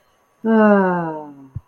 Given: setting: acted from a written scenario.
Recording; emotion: vocal sound without words; relief